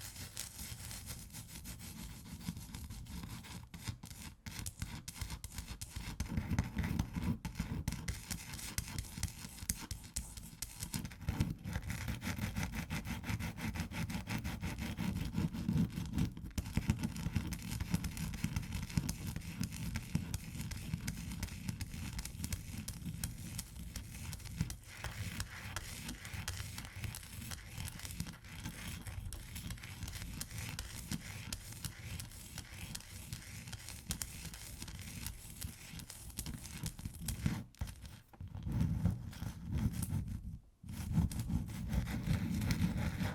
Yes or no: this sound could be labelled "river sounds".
no